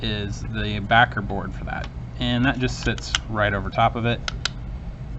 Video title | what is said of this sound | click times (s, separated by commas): MODE Dreamcast Mount | it kind of snaps in place but you still need to put four screws into it so | 4.5 s